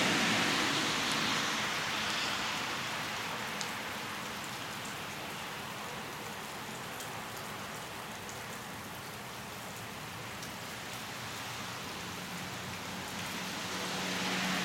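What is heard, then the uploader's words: Steady rain hisses throughout, a dense even patter with scattered brighter drips ticking on top. A low traffic rumble swells at the start, eases through the middle, and grows again over the last few seconds as a vehicle passes. Rainy Morning & Traffic. Recorded in the morning and mixed in Audition.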